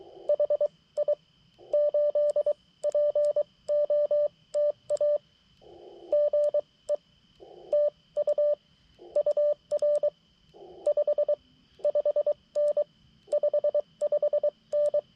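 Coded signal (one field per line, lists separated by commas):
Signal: Morse code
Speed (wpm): 23 wpm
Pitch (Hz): 590 Hz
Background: none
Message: HI 8 POTA GE TU UR 55N 55N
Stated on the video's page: CW POTA park activation, with contacts on 60m and 80m.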